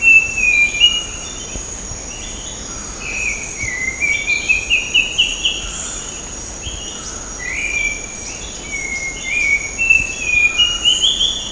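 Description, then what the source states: Grey-cheeked bulbul calls, a series of short warbled and slurred notes, some rising, given in scattered bursts over a steady high insect whine and constant background hiss. Recorded at Sepilok on 6 August 2009.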